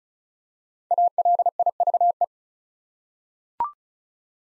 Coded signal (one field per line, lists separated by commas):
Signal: Morse code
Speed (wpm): 36 wpm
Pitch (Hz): 700 Hz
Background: none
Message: ALIVE